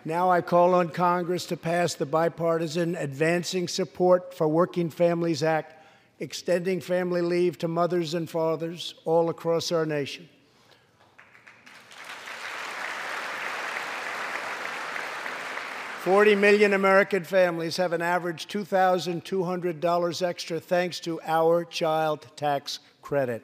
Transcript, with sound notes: Now I call on the Congress to pass the bipartisan Advancing Support for Working Families Act, extending family leave to mothers and fathers all across our nation. (Applause.) Forty million American families have an average $2,200 extra thanks to our child tax credit.